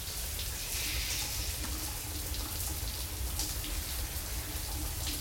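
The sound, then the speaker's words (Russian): Hot shower water runs in a steady, unbroken hiss as a woman washes her hair, a dense spray of splashing with a low rumble underneath and no voices, holding an even loudness throughout. “Горячая вода стекает по ее телу.”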